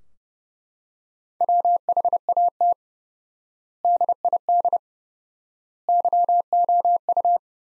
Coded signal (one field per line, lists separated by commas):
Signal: Morse code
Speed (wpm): 30 wpm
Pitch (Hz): 700 Hz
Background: none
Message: WHAT DID YOU